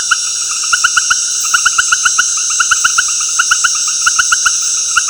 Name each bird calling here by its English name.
none